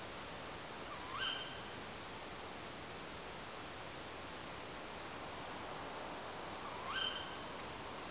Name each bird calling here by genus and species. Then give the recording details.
Strix aluco. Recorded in France